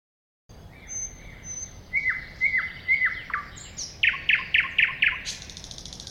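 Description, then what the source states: Thrush nightingale song: a faint high whistle, three drawn-out whistles ending in downslurs, then five hard chocks and a brief harsh rattle. At a woodland edge next to a lake.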